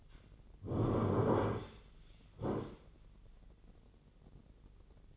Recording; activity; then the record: daily activity, microphone in the room; sit down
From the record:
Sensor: 4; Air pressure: 996.7 hPa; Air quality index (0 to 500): 241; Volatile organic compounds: 352 ppm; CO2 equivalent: 4587 ppm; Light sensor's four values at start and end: 47/115/47/47 and 47/115/47/47